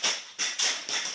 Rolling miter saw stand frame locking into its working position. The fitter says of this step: and it locks into place.